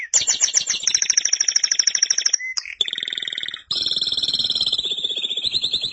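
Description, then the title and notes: Canary song of fast rolling trills at changing pitches, a brief pause, then a long pulsed metallic trill with a high whistle over it. "BM Suara Kenari. BM Suara Burung Kenari"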